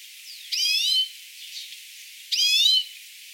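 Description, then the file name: European greenfinch giving two long nasal wheezes, each about half a second and wavering, separated by a short pause and a faint chirp. "Chloris chloris"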